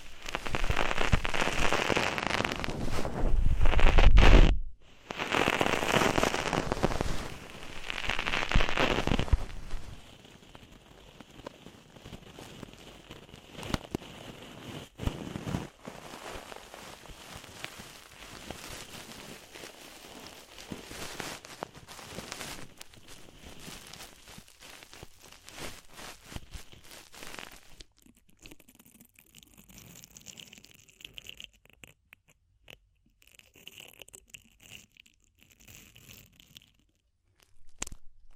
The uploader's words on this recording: ASMR DEEP Ear Penetrating Cleaning (No Talking).